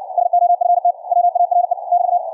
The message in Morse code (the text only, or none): SOFTWARE <BT>